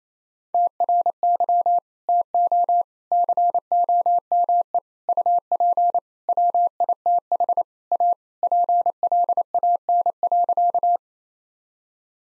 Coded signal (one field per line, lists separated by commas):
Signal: Morse code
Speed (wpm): 28 wpm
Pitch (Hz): 700 Hz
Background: none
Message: TRY TO COME UP WITH A PLAN.